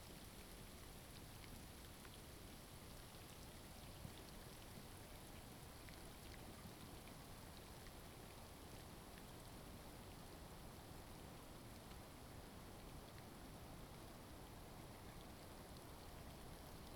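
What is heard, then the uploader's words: A soundscape filled by steady rainfall hissing evenly across all pitches. The downpour is dense and unchanging for the whole stretch, with faint scattered drop ticks and a low rumble underneath, possibly a passing vehicle. Soundscape recordings made in the Eastern part of Parry Sound District of Ontario or what is locally known as the Almaguin Highlands. NAISA invited local residents in the area to place a bird feeder on their home property. Inside that bird feeder was an audio recorder that captured the overnight soundscapes of spring.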